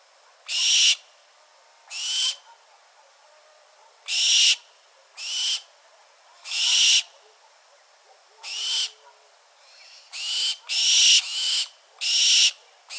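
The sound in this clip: Bird sounding a series of hoarse, hissing screeches, spaced widely at first and then coming faster in a tight cluster near the end.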